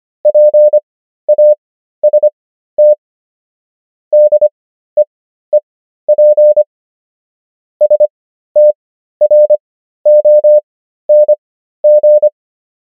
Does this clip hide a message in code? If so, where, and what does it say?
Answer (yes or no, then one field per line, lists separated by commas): yes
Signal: Morse code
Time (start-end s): 0.3-12.3 s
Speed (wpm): 25 wpm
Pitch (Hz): 600 Hz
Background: none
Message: PAST DEEP STRONG